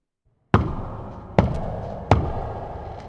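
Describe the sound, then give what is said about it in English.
Three heavy bangs by Sir Agravaine on the wooden door of the Queen's room, spaced unevenly about a second apart, each a loud booming thud with a short resonant ring that decays before the next blow. “Sir Agravaine banged heavily on the door.”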